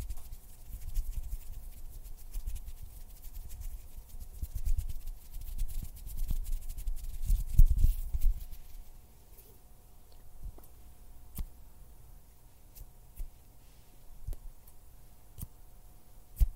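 Hand and mouth sounds: soft, busy fluttering and rubbing with low thumps fill the first eight seconds, peaking around seven to eight seconds. After that it thins to quieter scattered taps and sharp clicks roughly every second, over a faint steady hum.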